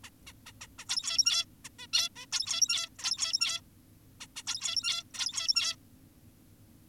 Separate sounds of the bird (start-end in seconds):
0.04-0.10, 0.27-0.33, 0.46-0.52, 0.61-0.67, 0.79-0.85, 0.89-1.45, 1.65-1.69, 1.79-1.87, 1.93-2.09, 2.16-2.26, 2.32-2.89, 2.99-3.61, 4.21-4.27, 4.36-4.43, 4.47-5.04, 5.14-5.76